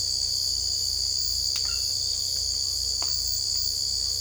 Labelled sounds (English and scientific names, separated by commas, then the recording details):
none
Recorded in secondary vegetation near Puerto Asís, Putumayo, Colombia, on 18 December 2024 at 00:00
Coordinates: 0.488, -76.319
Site GP04